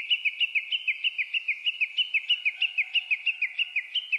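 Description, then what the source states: Japanese bush warbler delivering a rapid, even chain of clipped notes, sustained throughout, with a faint lower sound behind. Recorded on 29 April 2001.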